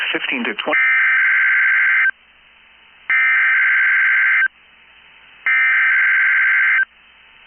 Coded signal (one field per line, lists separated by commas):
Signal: Emergency Alert System (SAME) tones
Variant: header bursts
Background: speech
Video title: 4/6/22 I'm running out Of Video Titles Required Weekly Test EAS #167